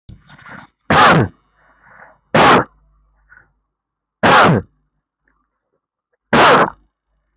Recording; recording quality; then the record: heavy voluntary cough; excellent, no background noise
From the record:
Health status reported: healthy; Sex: male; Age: 28 years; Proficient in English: yes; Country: India